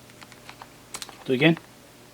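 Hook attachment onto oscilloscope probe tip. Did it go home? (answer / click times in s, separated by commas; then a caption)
no / none. A spring hook attachment is being slid onto the tip of an oscilloscope probe a second time. Light ticks and handling sounds are heard, and someone talks near the end. Nothing has seated or clicked yet.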